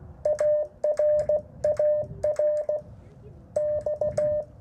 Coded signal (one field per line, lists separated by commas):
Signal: Morse code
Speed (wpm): 16 wpm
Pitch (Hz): 600 Hz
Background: speech, radio noise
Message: AR AR X